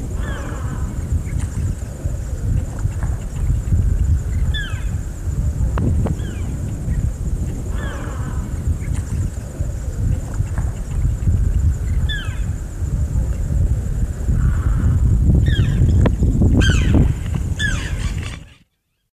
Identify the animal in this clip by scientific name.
Sterna aurantia